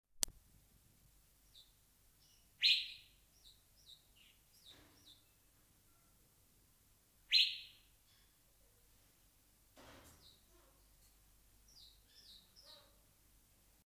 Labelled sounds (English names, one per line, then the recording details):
Hooded Pitta call
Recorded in captivity
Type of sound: call
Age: adult
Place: Zoo Berlin, Berlin, DE
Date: 2002-09-30 16:47
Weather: fair, ca. 16-17°C
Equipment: Nagra SN, Kopie Uher 4000 Report Monitor
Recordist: Tembrock, Günter
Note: Zwei Tiere: Rufe